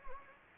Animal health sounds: mosquito wingbeat signal from an infrared sensor; Anopheles gambiae

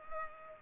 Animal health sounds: mosquito wingbeat signal from an infrared sensor; Culex pipiens

